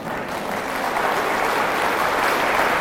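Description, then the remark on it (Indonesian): A crowd claps steadily in a dense, continuous wash of applause that swells slightly and holds loud throughout, with no voices standing out. “Siapa yang paling kuat tepuk tangannya?”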